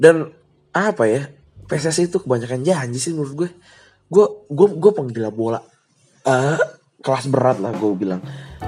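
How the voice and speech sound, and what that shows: Adult man speaking Indonesian, repeating a word four times and holding a prolonged filler: stuttering.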